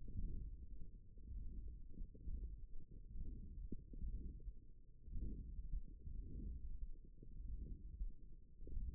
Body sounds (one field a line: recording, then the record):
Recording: forearm muscle sounds (acoustic myography)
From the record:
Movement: hook grip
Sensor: system 1, eight BSWA MPA416 microphones around the upper forearm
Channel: 4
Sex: female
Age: 22 years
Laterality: right